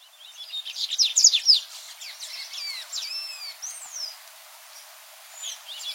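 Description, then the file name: Dubois's seedeater song: a rising flurry of high, sharp chirps, then several drawn-out descending slurred whistles, fading to quiet with a faint note near the end. "Canto do Papa capim de costas cinzas"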